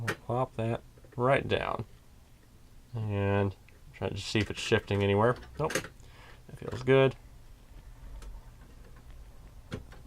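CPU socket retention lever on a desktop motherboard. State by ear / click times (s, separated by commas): seated / 9.7 s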